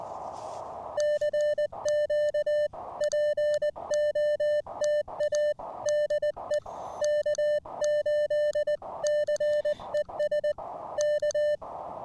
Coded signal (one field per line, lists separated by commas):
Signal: Morse code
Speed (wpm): 20 wpm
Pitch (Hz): 600 Hz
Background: music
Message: CQ POTA DE K8CES K